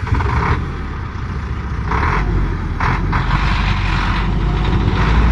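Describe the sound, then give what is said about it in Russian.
A heavy truck engine roars steadily outside on a street, a loud low rumble that swells and surges in pressure over several seconds, with no voices. “На улице взревел двигатель.”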